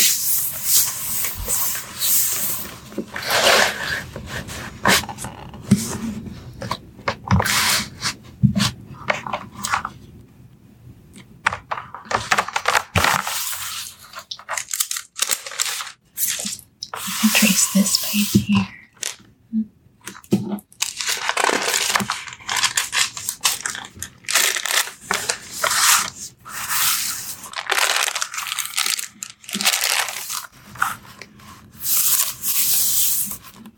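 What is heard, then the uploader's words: Pencils scratch and trace in long, bright strokes, with papery crinkling and crunching woven through. The sound comes in dense bursts separated by short pauses, notably around ten, fifteen and twenty seconds, with a faint low murmur underneath. Soft tracing with pencils.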